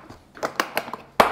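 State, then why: Seated. The plastic stackable Tstak tool case holding a Popoman MTM350B 3-line 360-degree laser is closed. A few light knocks of its lid come between 0.4 and 0.9 seconds, then a loud, sharp snap at 1.2 s as the latch locks the case shut.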